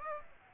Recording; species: mosquito wingbeat signal from an infrared sensor; Aedes aegypti